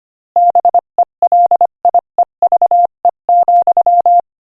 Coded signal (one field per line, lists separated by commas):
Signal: Morse code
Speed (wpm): 25 wpm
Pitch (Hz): 700 Hz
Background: none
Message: BELIEVE,